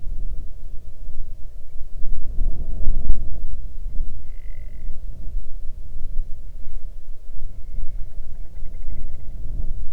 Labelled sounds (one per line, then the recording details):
grouse or ptarmigan
wind
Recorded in the Arctic National Wildlife Refuge, Alaska, on 8 June 2019 at 00:07
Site 40